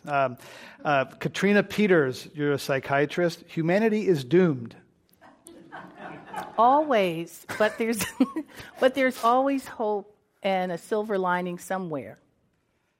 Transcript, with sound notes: Katrina Peters, you’re a psychiatrist; humanity is doomed?
[Laughter]
Always, but there's always hope and a silver lining somewhere.